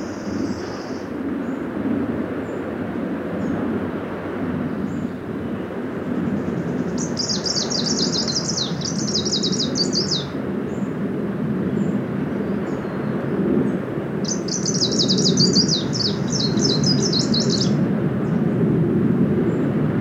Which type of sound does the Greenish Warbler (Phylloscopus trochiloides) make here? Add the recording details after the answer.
song. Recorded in the wild. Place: Binz, Insel Rügen, Mecklenburg-Vorpommern, DE. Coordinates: 54.374, 13.662. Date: 1978-06-17. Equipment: Nagra III BH, Sennheiser MD 21, parabola. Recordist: Schubert, Michael